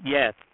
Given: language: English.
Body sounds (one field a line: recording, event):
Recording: throat vibration sensor signal played as sound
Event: speech